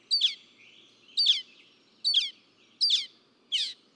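Northern mockingbird giving a harsh, downslurred chirp, repeated five times.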